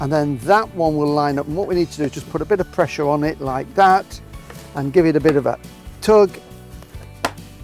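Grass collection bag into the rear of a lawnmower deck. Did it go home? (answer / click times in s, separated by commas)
yes / 7.2 s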